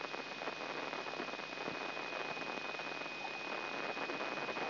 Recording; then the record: brain microelectrode recording played as sound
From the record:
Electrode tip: inside the subthalamic nucleus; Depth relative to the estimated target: -3 mm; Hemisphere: right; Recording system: AlphaMap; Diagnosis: Parkinson's disease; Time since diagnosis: 6 years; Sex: female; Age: 40 years